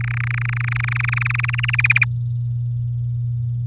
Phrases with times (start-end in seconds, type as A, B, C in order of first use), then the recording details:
0.01-1.76 A, 1.78-2.05 B. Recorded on 9 May 2018 at 05:31. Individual llb16